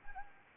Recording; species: mosquito wingbeat signal from an infrared sensor; Anopheles arabiensis